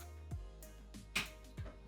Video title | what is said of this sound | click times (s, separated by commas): How To Build A PC - Beginners Guide To PC Building | that's clipped in | 1.2 s